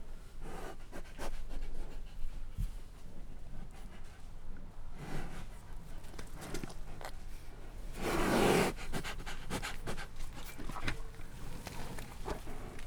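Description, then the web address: Brown bear chewing in scattered bursts, soft smacks and clicks, with a loud rushing breath or snort near the eighth second. Captive brown bears eating at a zoo in Jászberény, Hungary, in 2016, recorded with the microphone placed in front of the bears' noses. "jaszberenyizoo 2016 professzionalis barnamedve"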